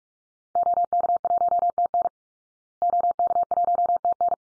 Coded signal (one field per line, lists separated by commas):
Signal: Morse code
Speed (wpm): 44 wpm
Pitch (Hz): 700 Hz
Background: none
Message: OK1TN OK1TN